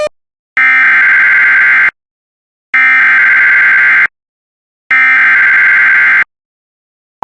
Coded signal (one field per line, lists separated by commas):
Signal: Emergency Alert System (SAME) tones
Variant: header bursts